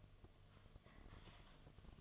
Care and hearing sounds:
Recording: daily activity, microphone in the room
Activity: typing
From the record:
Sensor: 4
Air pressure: 1005.2 hPa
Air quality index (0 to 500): 182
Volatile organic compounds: 5 ppm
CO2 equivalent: 1791 ppm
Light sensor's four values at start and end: 6/12/5/4 and 6/12/5/4

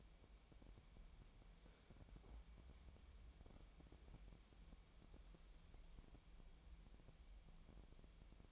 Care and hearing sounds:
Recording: daily activity, microphone in the room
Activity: wipe stove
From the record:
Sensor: 1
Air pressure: 1007.1 hPa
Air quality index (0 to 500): 203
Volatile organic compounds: 21 ppm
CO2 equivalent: 2737 ppm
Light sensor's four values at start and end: 13/32/13/14 and 12/32/13/14

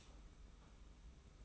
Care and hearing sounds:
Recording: daily activity, microphone in the room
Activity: stop toaster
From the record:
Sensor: 1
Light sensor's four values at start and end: 33/110/42/44 and 33/110/42/44

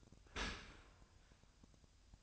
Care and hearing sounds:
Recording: daily activity, microphone in the room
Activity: open dishwasher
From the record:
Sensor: 2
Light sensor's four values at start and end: 6/15/6/6 and 6/15/6/6

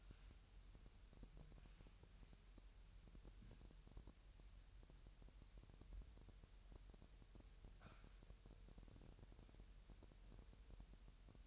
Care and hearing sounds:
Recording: daily activity, microphone in the room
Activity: wipe stove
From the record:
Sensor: 2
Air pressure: 1000.7 hPa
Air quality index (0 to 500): 248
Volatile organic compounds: 98 ppm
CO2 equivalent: 3740 ppm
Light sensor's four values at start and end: 9/22/9/9 and 9/22/9/9

